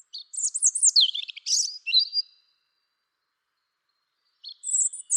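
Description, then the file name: European robin giving a fast, sweet, high-pitched warble that ends in a thin whistle, then a pause before another phrase begins. "Erithacus rubecula"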